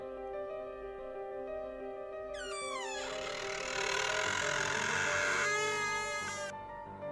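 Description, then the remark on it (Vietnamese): A long, drawn-out creak of a room door's hinges, long dry of oil, as the door swings open: a high squeal that bends downward, then a rough, grinding groan that holds for several seconds before stopping, over a low steady hum. “Bỗng nhìn nắm đấm chuyển động, cánh cửa phòng bật mở, tiếng bản lề lâu ngày khô dầu, cọt kẹt, cọt kẹt, rin rít vang lên.”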